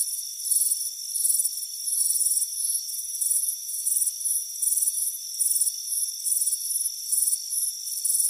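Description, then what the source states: Crickets chirping: pulsed high bursts repeating quickly over a steady, thin high-pitched trill, with no other sounds heard. Crickets chirping on a warm afternoon on a front porch.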